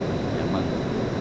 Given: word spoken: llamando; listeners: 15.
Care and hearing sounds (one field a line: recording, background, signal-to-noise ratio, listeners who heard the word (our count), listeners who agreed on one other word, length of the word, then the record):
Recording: one Spanish word in noise, from a listening test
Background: speech-shaped noise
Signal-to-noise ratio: -5.5 dB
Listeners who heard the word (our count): 5 of 15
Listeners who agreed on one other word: 7 of 15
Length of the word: 0.81 s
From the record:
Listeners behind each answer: 7, 5, 1, 1, 1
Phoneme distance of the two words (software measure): 31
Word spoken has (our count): 3 syllables, 7 phonemes, stress on syllable 2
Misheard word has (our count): 3 syllables, 6 phonemes, stress on syllable 2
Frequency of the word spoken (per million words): 8.67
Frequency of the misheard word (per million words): 96.59